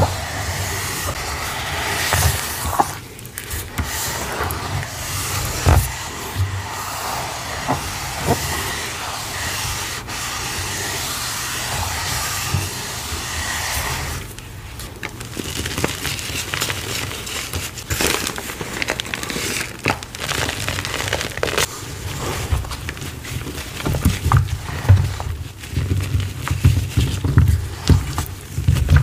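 Cornstarch paste is mixed and worked, giving a dense run of wet squishing, crinkling and hissing textures with short sharp clicks and squeaks scattered throughout. A brief quieter patch comes near the fifteen-second mark before the busy stirring resumes.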